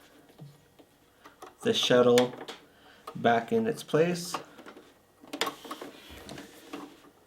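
Someone talks while handling a sewing machine's metal bobbin shuttle, with the bobbin in it, at the hook compartment, and short sharp handling sounds come around 5.3 to 5.7 s. The shuttle is being put back into its housing, but it has not yet clicked into place and nothing has seated by the end of the clip.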